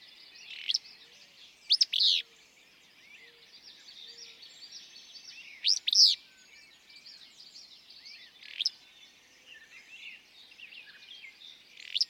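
Willow flycatcher song: an abrupt, burry two-note phrase given twice, about four seconds apart, with a few single sharp notes and a steady chatter of other small birds.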